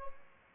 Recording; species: mosquito wingbeat signal from an infrared sensor; Aedes albopictus